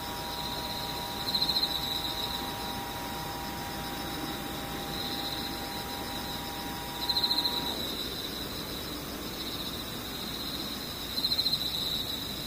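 Insects keep up a steady, high, even trill through the whole clip, swelling into louder pulsing bursts three times, around 1.5, 7 and 11 seconds. A faint low hum runs underneath and stops just before 8 seconds, over a soft rumbling background.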